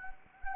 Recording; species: mosquito wingbeat signal from an infrared sensor; Anopheles gambiae